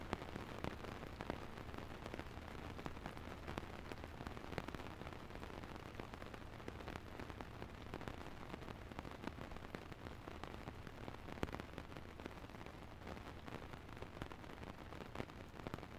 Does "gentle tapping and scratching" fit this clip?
no